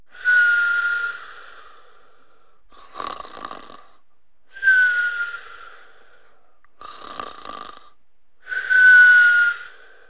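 Loud, rhythmic snoring with a whistling, nasal tone on each inhaled breath, alternating with softer rattling exhalations, about 14 breaths a minute.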